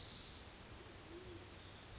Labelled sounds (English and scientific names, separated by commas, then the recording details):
Band-tailed Pigeon (Patagioenas fasciata)
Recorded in Sonoma County, California